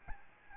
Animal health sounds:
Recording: mosquito wingbeat signal from an infrared sensor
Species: Aedes albopictus

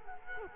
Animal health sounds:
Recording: mosquito wingbeat signal from an infrared sensor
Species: Culex quinquefasciatus

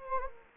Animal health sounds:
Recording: mosquito wingbeat signal from an infrared sensor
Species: Anopheles gambiae

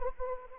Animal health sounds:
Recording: mosquito wingbeat signal from an infrared sensor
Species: Anopheles arabiensis

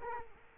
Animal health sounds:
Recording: mosquito wingbeat signal from an infrared sensor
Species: Culex quinquefasciatus

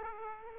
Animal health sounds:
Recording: mosquito wingbeat signal from an infrared sensor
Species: Aedes aegypti

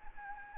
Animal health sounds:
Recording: mosquito wingbeat signal from an infrared sensor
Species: Anopheles gambiae

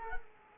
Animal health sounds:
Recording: mosquito wingbeat signal from an infrared sensor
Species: Culex quinquefasciatus

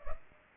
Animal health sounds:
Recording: mosquito wingbeat signal from an infrared sensor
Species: Culex pipiens

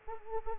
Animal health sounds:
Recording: mosquito wingbeat signal from an infrared sensor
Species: Anopheles arabiensis

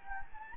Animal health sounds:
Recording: mosquito wingbeat signal from an infrared sensor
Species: Anopheles gambiae

